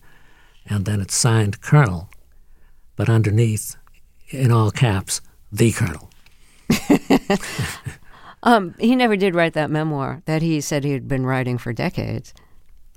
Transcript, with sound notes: and then it's signed Colonel, but underneath, in all caps, THE COLONEL.
(Laughter) He never did write that memoir that he said he'd been writing for decades.